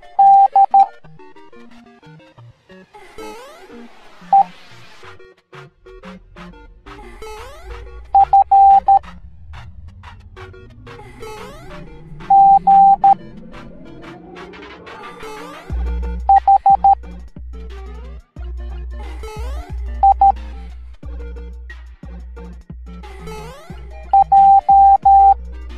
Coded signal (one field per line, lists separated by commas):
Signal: Morse code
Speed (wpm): 13 wpm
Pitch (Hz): 790 Hz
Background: music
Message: D E F G H I J